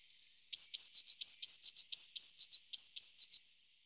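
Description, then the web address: Eurasian blue tit song: a rapid series of very high, thin notes, two higher sliding notes then two lower ones, the pattern repeated four times in quick rhythm. "IVN Zangvogels. Pimpelmees"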